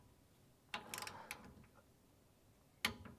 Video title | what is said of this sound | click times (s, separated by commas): Replacing a transmission pan gasket on a 1959 Ford F100! | got a click there | 2.9 s